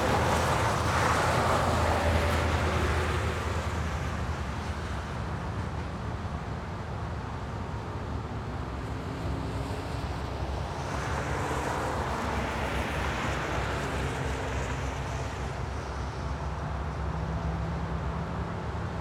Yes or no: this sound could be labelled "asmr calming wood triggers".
no